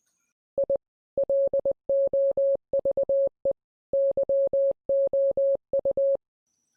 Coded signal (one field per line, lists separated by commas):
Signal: Morse code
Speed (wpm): 20 wpm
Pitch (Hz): 550 Hz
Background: none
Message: I LOVE YOU